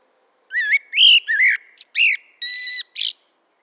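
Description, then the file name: Common blackbird song: a quick string of fluting whistled phrases mixed with higher squeaky notes, ending in a bright high note, on a silent background. "Turdus merula"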